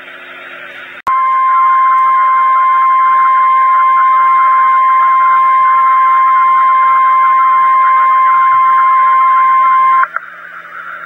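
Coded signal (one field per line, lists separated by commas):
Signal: Emergency Alert System (SAME) tones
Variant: 1050 Hz attention tone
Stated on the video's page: Severe thunderstorm watch alert tones from Weatheradio Canada.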